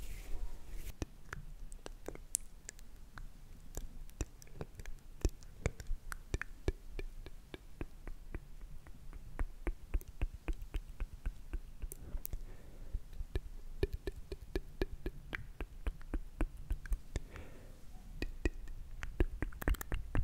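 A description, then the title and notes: Mouth sounds: a steady stream of soft wet clicks and smacks, spread irregularly throughout the 20 seconds, some sharper and brighter than others. Between them sits a quiet, low hush of noise, with faint whisper-like breath at times. ASMR Slow & Relaxing MOUTH SOUNDS For Sleep.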